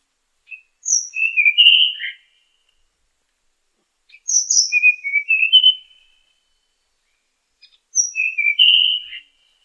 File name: sikatan tanahjampea